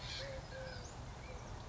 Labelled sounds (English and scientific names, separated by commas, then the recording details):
Western Flycatcher (Empidonax difficilis)
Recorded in Sonoma County, California